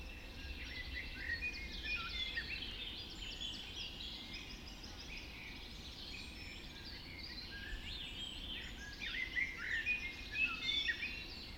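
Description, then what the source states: Birds in a dense dawn chorus, many overlapping twittering and whistled songs, swelling toward the end, over a low background rumble. Dawn chorus recorded just after dawn in the Forest of Dean.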